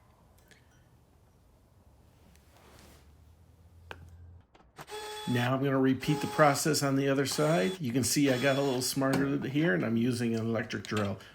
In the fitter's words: these lights are Plug and Play so simply snap the connector piece into the back of the light until you hear it click